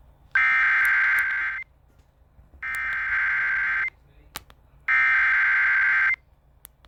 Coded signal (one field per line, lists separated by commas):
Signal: Emergency Alert System (SAME) tones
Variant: header bursts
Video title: Eas special marine warning in Hawaii Eas#415